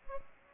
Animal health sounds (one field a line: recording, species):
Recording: mosquito wingbeat signal from an infrared sensor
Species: Aedes aegypti